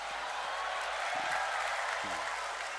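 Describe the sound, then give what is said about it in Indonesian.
An audience claps steadily for a few seconds, a dense, even wash of many hands with no break, while a voice briefly calls out underneath. “Gak usah tepuk tangan, gak penting.”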